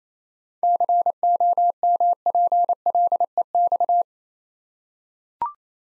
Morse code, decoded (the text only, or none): COMPLEX